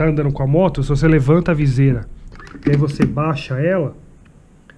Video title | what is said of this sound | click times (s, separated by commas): Capacete AXXIS, primeiras impressões e troca da viseira | não encaixou então fica bem vedado e continua entrando no ar por aqui tá entrando | none